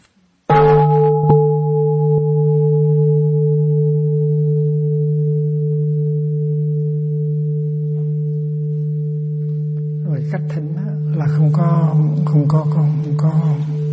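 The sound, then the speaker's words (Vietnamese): A Buddhist meditation bell is struck once, a bright strike blooming into a deep, steady hum with clear overtones that rings on for about ten seconds before a man begins speaking over its lingering tone. “Và phải để cho người ta có thời giờ chuẩn bị, ngưng suy nghĩ và để tiếp nhận tiếng chuông.”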